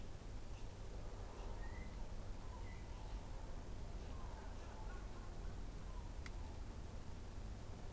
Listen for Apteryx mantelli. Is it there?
no